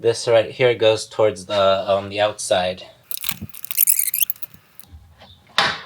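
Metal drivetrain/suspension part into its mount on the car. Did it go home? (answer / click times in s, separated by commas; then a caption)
yes / 5.6 s. A man talks while angling a metal drivetrain/suspension part on a car, one end toward the transmission and the other toward the outside, as he reinstalls front drivetrain/suspension parts. Metallic scraping and clinking follow as the part is pushed in. A sharp snap at 5.6 s marks the part seating into its mount.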